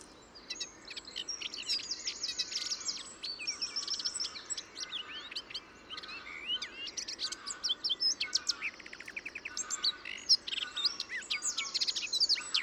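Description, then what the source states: Bird singing long buzzy, grating passages broken by slurred whistles and ticking notes, the mix shifting constantly over the whole stretch. Described as hyper-imitative.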